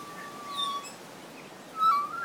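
Kokako song: a long, level whistled note, a pause, then a higher, slightly wavering note.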